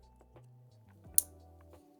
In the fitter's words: yeah looks reliable as long as you hear that click